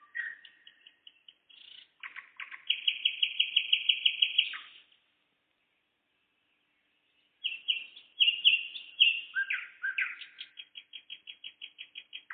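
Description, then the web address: Nightingale song with a rapid rattling series of repeated notes, a silent gap, then varied phrases ending in a quick run of repeated notes. Singing in the evening, 11 May 2014. "spiew-slowika-11052014-wieczor"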